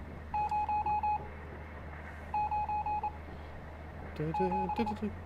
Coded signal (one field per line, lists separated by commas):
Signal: Morse code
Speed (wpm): 27 wpm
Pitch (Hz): 840 Hz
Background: none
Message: 0 9 7